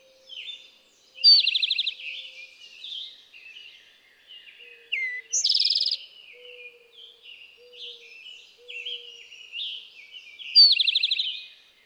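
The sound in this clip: Eastern towhee singing three bright, rapid trills, each a burst of quick repeated notes, spaced several seconds apart amid many softer chirps and a faint low tone.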